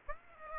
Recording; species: mosquito wingbeat signal from an infrared sensor; Aedes aegypti